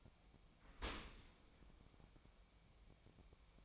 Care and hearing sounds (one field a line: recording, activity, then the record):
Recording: daily activity, microphone in the room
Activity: open dishwasher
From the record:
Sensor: 1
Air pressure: 1003.1 hPa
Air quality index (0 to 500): 198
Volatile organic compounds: 6 ppm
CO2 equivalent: 1892 ppm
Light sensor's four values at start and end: 28/69/29/35 and 28/69/29/35